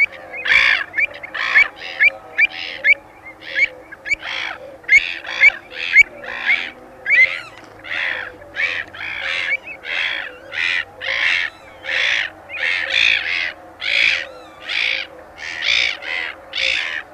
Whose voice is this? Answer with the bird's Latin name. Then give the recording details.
Chroicocephalus ridibundus. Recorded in the wild. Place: Holdenlacke, AT. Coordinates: 47.7728, 16.9197. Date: 1972-05-07. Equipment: Uher Report 4200, AKG D190C in Doppel-Parabolreflektor. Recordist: Krey, Winfried